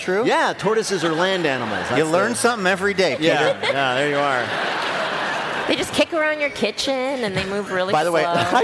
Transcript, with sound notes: Yeah. Tortoises are land animals. That's the...
You learn something every day, Peter.
Yeah. Yeah. There you are.
(LAUGHTER)
They just kick around your kitchen, and they move really slow.